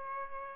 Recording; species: mosquito wingbeat signal from an infrared sensor; Aedes aegypti